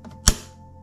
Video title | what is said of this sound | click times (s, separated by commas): ⚡САМЫЙ ЧЕСТНЫЙ ОТЗЫВ - SAMSUNG JET 70. АККУМУЛЯТОРНЫЙ ПЫЛЕСОС - ПЛЮСЫ И МИНУСЫ | remove and in the same way without any pressing until it clicks | 0.3 s